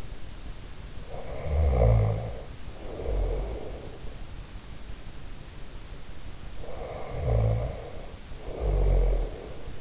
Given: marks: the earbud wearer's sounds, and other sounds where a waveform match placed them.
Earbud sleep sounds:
sounds in sleep by an in-ear microphone; snoring breath
1.10-4.07 s: snoring breath
6.27-9.81 s: snoring breath

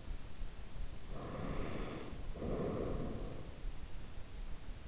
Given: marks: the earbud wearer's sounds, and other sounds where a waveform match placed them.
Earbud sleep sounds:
sounds in sleep by an in-ear microphone; breath
1.02-3.50 s: breath

